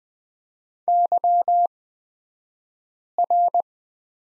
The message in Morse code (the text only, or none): YR